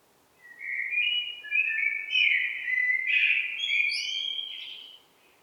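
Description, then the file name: Eurasian blackbird song: a low, mellow warbled phrase of flowing whistles lasting about five seconds, rising at the end into higher, thinner twittering notes. "Turdus merula"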